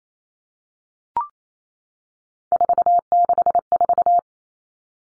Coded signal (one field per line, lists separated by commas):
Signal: Morse code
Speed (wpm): 28 wpm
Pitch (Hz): 700 Hz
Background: none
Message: 464